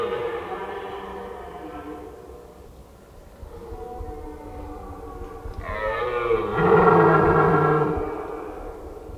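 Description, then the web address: Red deer stag roaring, a gruff harmonic moan opening, quieter groans in the middle, then a long, powerful bellow building near the end. Red deer stag calling during the rut. "rotwild rothirschbrunft"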